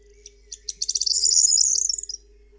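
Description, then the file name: Corn bunting song: a few separate ticks speed up into a high, dry, jangling trill lasting about one and a half seconds, with a steady faint hum behind. "POTRZESZCZ"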